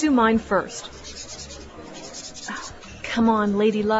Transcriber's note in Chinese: scratch, scratch